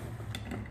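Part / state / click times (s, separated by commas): headlight unit into retaining ring / seated / 0.3 s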